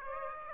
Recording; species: mosquito wingbeat signal from an infrared sensor; Aedes aegypti